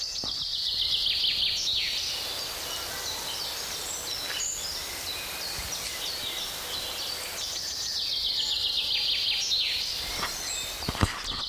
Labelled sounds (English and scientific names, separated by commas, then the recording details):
Common Chaffinch (Fringilla coelebs) song
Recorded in the wild
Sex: male
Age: adult
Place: Mühlenbecker Land, OT Summt, Brandenburg, DE
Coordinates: 52.6931, 13.3619
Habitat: garden
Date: 1988-07-09 14:40
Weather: fair, few clouds, 17-21°C, gusty winds
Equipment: Sony WM-D6C, Kopie Tesla B 116
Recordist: Tembrock, Günter
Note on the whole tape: Summt, Kieferngrund (Grundstück). Gesang